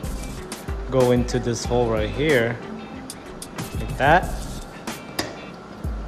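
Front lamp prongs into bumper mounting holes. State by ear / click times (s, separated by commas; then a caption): seated / 5.2 s. Someone talks over background music while pushing the plastic prongs of a front lamp into the mounting holes in the bumper of a 2014-2017 Infiniti Q50 during a fog light and grille replacement. A sharp snap at 5.2 s marks the prongs seating in place.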